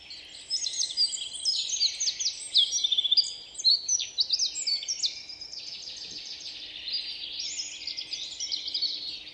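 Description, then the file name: Eurasian blackcap singing a fast, warbling run of high, twittering and scratchy notes in rapid, overlapping phrases. "Sylvia atricapilla"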